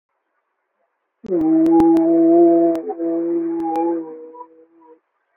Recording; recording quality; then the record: sustained vowel as in boot; excellent, no background noise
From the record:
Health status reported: COVID-19 positive, moderate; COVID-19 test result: positive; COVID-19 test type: RT-PCR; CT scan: not taken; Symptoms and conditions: cough, cold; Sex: male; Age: 24 years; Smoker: no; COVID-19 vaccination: both doses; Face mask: not worn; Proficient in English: yes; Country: India